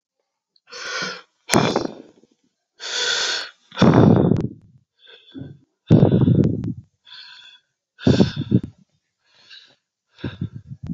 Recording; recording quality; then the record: deep breathing; excellent, no background noise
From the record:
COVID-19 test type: RT-PCR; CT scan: not taken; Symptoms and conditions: none ticked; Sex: male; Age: 31 years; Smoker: no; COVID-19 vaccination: both doses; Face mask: not worn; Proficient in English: yes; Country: India